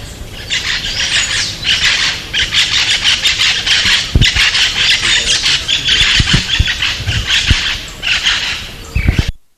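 Bird giving harsh, squealing calls in a near-continuous series of raspy bursts for about nine seconds, with a few low knocks underneath.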